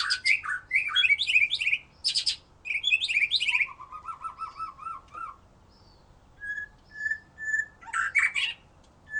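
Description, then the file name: White-rumped shama song: loud varied chatter and whistles, a low rolling trill, then quiet pure whistled notes and a final burst of chips. "murai batu"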